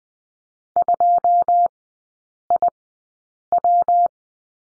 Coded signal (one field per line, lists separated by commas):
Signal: Morse code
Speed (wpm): 20 wpm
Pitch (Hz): 700 Hz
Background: none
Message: 2IW